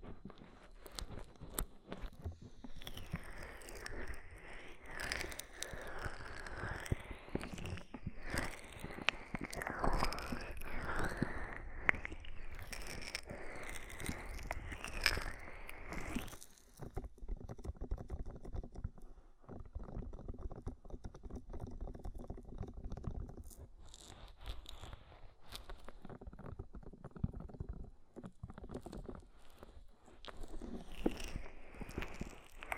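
Oil and foam are worked over the ear in a dense, continuous stream of wet crackling, squishing and rubbing. The first half is busier and brighter, with sweeping hiss-like strokes; after about sixteen seconds it turns sparser and softer, with scattered pops and patters.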